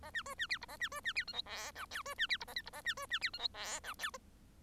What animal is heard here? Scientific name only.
Lonchura striata domestica